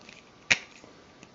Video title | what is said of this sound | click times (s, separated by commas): More HUBS and a new spoke idea | and hear it click click | 0.5 s